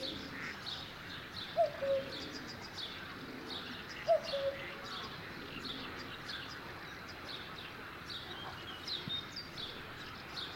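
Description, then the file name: Cuckoo giving two falling two-note cu-coo calls a few seconds apart, with soft chirps from other birds in the background. "minutes of cuckoos"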